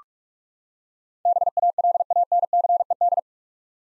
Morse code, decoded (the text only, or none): BALANCED